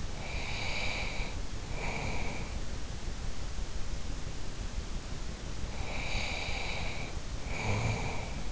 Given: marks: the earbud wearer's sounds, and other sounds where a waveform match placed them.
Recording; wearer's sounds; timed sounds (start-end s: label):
sounds in sleep by an in-ear microphone; breath, snoring breath
0.01-2.60 s: breath
5.75-8.51 s: snoring breath